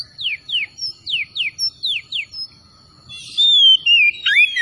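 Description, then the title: Oriental magpie-robin giving a string of quick descending whistles, then a longer sliding whistled phrase; a constant high tone in the background. Singing vigorously (gacor). "Kacer Tretes Gacor"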